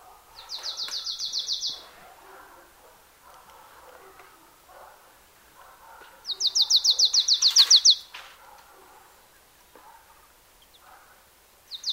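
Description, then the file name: Marsh tit giving two bursts of rapid, evenly repeated high notes, each run lasting about one to two seconds, and the start of a third at the end. "Poecile palustris"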